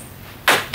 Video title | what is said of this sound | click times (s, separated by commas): MS3C 100TS Lightweight Evacuation Stair Chair Feat HD | To do so, tilt the chair slightly forward and push on the black bar until it locks into place. | 0.5 s